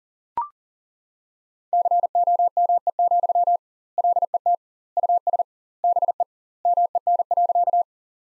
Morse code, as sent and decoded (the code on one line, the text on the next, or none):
-.-. --- -- . --..-- / .-.. . - / ..- ... / -... . / -- . -. .-.-.-
COME, LET US BE MEN.